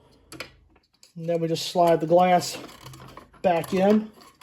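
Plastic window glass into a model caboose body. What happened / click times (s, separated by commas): The plastic window glass is being handled but has not clicked home yet / none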